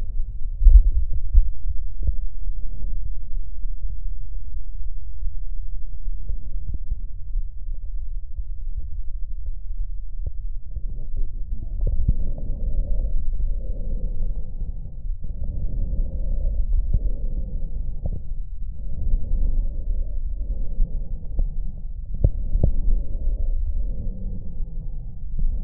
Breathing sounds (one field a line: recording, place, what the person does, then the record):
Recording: lung sounds by stethoscope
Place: right posterior apical chest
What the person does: quiet breathing, then deep breathing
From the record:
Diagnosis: pulmonary infection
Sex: male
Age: 86 years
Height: 165 cm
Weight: 65 kg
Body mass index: 23.9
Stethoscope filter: extended mode